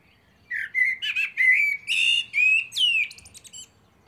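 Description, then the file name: Common blackbird song: a phrase of clear, fluted warbling notes that ends in a burst of high, squeaky twittering. "Turdus merula"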